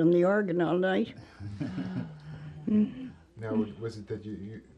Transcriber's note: laughter